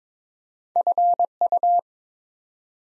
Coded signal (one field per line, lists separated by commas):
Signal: Morse code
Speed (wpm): 22 wpm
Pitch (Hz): 700 Hz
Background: none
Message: FU